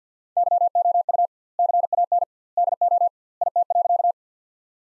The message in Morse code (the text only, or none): YOU CAN DO IT.